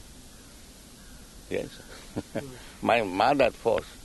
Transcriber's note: laughs